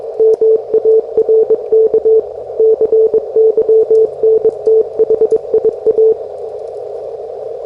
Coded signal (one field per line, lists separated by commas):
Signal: Morse code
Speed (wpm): 21 wpm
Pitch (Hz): 440 Hz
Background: none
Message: MARK CYNTHIA